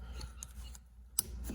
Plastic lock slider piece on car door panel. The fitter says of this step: just like that it clicks into place to